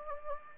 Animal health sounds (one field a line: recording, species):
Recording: mosquito wingbeat signal from an infrared sensor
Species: Anopheles gambiae